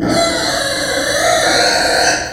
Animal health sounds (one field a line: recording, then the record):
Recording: squeal of a Yucatan mini pig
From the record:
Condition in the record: before surgery on the right vocal fold (resection and tissue-engineered implant)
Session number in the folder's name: 3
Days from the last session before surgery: 0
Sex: female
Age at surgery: 19 weeks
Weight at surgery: 25 kg